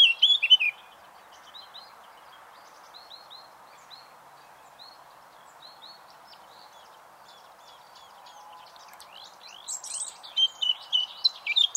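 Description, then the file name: Eurasian blackcap song: a short rich warble at the start, faint scattered notes in between, then a louder burst of varied, scratchy and fluty warbling near the end. "Sylvia atricapilla"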